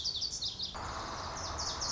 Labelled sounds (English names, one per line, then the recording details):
Lazuli Bunting
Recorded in Sonoma County, California